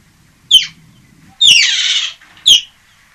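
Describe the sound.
European otter high squeaks: a short piercing note, a longer harsh squeal, then another short squeak.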